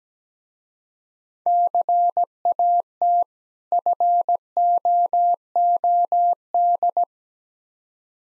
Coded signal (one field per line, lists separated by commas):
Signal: Morse code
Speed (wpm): 17 wpm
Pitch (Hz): 700 Hz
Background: none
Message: CAT FOOD